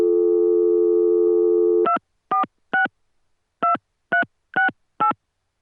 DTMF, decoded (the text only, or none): 246 2368